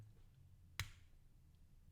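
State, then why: Seated. A small plastic LEGO flower plate assembly is pressed into the right hand of a LEGO clown minifigure. A single sharp snap is heard at 0.8 seconds against a quiet low hum as the flower clicks into place in the hand.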